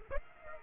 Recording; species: mosquito wingbeat signal from an infrared sensor; Aedes aegypti